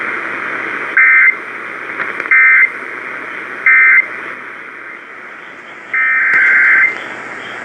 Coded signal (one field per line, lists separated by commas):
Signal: Emergency Alert System (SAME) tones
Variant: end-of-message bursts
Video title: EAS Event 8-1-17 NWR Alerts Compilation (EAS#108-125)